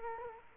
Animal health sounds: mosquito wingbeat signal from an infrared sensor; Culex quinquefasciatus

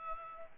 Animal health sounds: mosquito wingbeat signal from an infrared sensor; Aedes albopictus

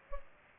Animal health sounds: mosquito wingbeat signal from an infrared sensor; Culex pipiens

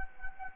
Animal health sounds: mosquito wingbeat signal from an infrared sensor; Anopheles gambiae

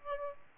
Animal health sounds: mosquito wingbeat signal from an infrared sensor; Aedes aegypti

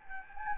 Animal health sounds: mosquito wingbeat signal from an infrared sensor; Anopheles gambiae

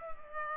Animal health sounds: mosquito wingbeat signal from an infrared sensor; Culex pipiens

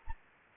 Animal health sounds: mosquito wingbeat signal from an infrared sensor; Anopheles arabiensis

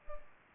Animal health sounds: mosquito wingbeat signal from an infrared sensor; Culex pipiens

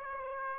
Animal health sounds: mosquito wingbeat signal from an infrared sensor; Aedes aegypti

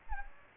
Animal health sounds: mosquito wingbeat signal from an infrared sensor; Aedes aegypti

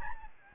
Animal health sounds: mosquito wingbeat signal from an infrared sensor; Aedes albopictus

